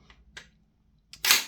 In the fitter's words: he doesn't lock into place like it did the first couple of times I used it you actually have to pull